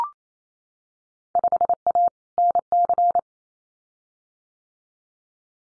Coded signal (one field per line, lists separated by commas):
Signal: Morse code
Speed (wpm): 28 wpm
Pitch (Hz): 700 Hz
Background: none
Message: 5A NC